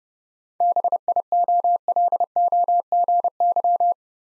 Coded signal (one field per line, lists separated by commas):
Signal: Morse code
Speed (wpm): 30 wpm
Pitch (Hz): 700 Hz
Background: none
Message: BIOLOGY